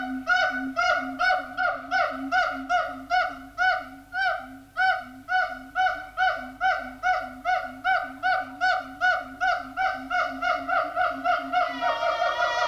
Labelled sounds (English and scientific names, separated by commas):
Siamang (Symphalangus syndactylus)